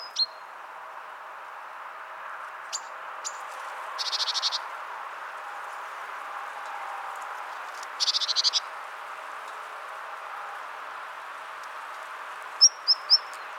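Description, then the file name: Great tit with two short buzzy, rattling bursts and a closing run of three high, clipped notes, plus a few faint ticks. "Parus major"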